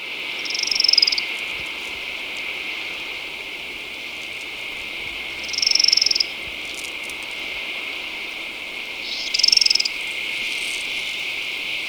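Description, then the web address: Many-striped canastero producing three brief high, rapid trills, set against a loud constant hissing background. Recorded in Ecuador. "Birds of Ecuador 2. Many-Striped Canastero"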